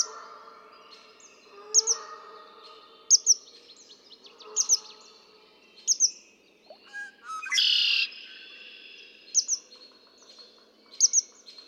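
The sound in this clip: Red-winged blackbird song: a loud harsh buzzy trill, with high thin paired notes repeating before and after.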